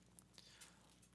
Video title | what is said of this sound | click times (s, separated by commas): DIY Glock Adjustable Sight Installation | push it up underneath the barrel until it locks into place | 0.2 s, 0.4 s